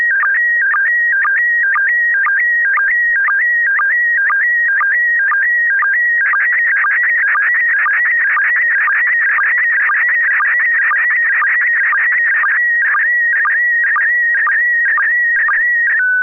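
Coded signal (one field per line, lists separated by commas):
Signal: SSTV (slow-scan television)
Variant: PD120 mode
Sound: continuous warbling tone with rapid regular chirps, a steady rhythmic scanning sound throughout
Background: FM radio hiss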